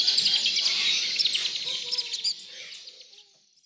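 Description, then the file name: Tropical birds chirping and twittering in a busy high-pitched chorus, with a few lower whistles, fading away toward the end. "Authentic Sound Effects - Tropical Birds"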